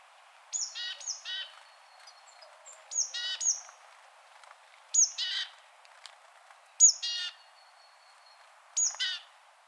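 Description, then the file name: Great tit calls: high piercing notes each followed by a dry, buzzy churr, in groups of two or three bursts spaced a second or two apart. "Parus major"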